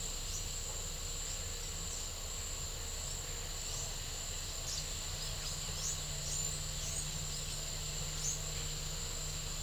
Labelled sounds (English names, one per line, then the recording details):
none
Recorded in pastures near Puerto Asís, Putumayo, Colombia, on 26 December 2024 at 09:00
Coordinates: 0.497, -76.327
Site G088